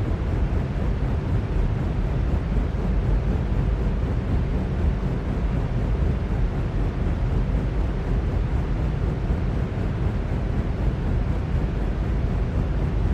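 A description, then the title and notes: A ceiling fan runs with a steady, unbroken whoosh that holds the same level for the whole stretch. The sound is dense and weighted low, a soft rumbling rush with little brightness on top and no distinct events or pauses. Ceiling Fan Noise For Sleeping Or Studying.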